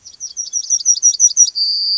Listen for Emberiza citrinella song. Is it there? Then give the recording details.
yes. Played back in grassland. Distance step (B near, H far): B. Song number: 149